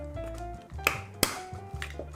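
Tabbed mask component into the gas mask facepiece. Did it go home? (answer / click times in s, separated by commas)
yes / 0.9 s, 1.2 s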